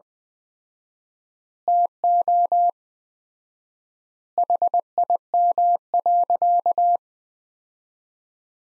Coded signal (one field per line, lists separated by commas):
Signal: Morse code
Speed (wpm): 20 wpm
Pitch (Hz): 700 Hz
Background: none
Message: TO HIM.